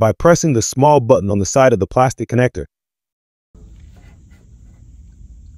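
Someone talks about pressing the small button on the side of the plastic connector while pushing a power cable connector onto a Tigo EI battery module terminal post. After the speech stops, there is silence, then a low, quiet handling rumble begins around 3.5 seconds and continues to the end. Nothing has seated or clicked yet.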